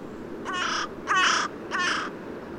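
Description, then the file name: Carrion crow uttering a series of three raspy caws, the middle one loudest, each lasting about a third of a second. "Corvus corone"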